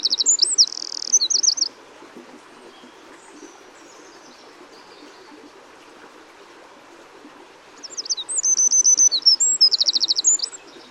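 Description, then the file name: Eurasian Wren with two high, rapid song bursts of chattering notes and trills, one at the start and a longer one later, separated by several seconds of faint background. "Troglodytes troglodytes"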